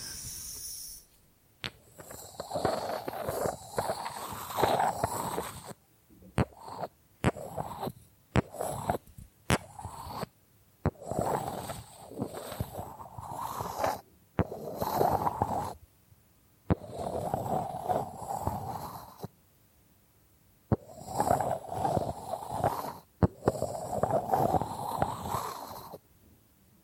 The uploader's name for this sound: Bamboo Tapping, Scratching and Brushing Sounds